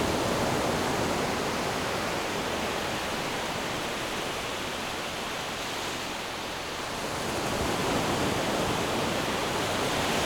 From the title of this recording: Ocean Waves Coming Onto the Shore